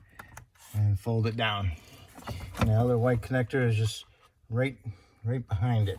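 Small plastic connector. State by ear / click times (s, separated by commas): seated / 0.2 s, 0.4 s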